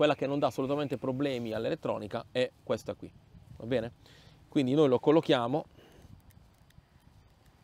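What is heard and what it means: Someone talks for about the first 5.7 seconds while a Bluemark DB120 remote ID beacon is placed in its chosen position on the body of an EVO2 RTK Enterprise drone, a spot picked because it causes no problems for the electronics. Faint small knocks and taps follow between about 6.2 and 7.7 seconds as the beacon is positioned. Nothing has clicked or seated yet.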